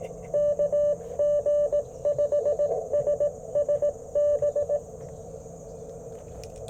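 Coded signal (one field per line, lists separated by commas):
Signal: Morse code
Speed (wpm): 21 wpm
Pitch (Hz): 600 Hz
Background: radio noise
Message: KG5SSB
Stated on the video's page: QRP CW Parks on the Air activation at a national forest, Icom IC-705 with Alex Loop antenna, Modern Morse Nameless key.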